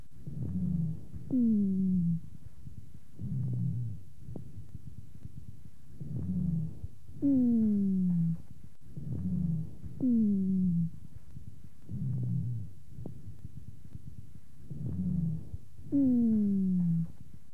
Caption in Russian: Местом образования более низкочастотных, басовых хрипов являются крупные и средние бронхи. Запись сухих басовых хрипов, сделанную у другой больной хроническим бронхитом основной дыхательный шум представлен жестким дыханием.